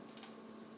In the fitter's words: right I heard it click you're not going to hear it on the camera